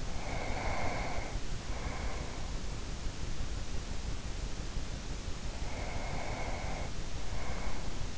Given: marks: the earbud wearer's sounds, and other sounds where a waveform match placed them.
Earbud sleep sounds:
sounds in sleep by an in-ear microphone; breath
0.06-2.60 s: breath
5.52-8.18 s: breath

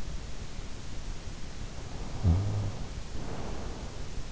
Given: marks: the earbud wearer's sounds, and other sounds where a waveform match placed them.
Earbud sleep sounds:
sounds in sleep by an in-ear microphone; snoring breath
2.07-4.22 s: snoring breath

